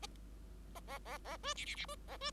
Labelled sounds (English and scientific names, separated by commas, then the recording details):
Bengalese Finch (Lonchura striata domestica) song
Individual Bird5